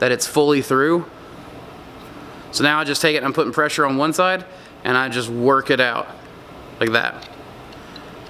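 Someone talks while pressing on one side of a port fitting and working it side to side into the drilled hole of a metal jar lid. Between bursts of speech there is only a low steady background hiss, with one brief sharp tick at 8.0 s. The fitting has not seated or clicked into the hole yet.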